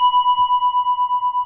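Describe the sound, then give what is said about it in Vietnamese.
A metal temple bell, first readied so it vibrates, is struck once firmly and rings out in a steady, sustained tone with a fainter higher overtone, its loudness wavering in a slow, even pulse. No one speaks over it. “Một cái loại kim khí này nó có cái chuyển động để khi đó mình thỉnh một tiếng mạnh nó không bể.”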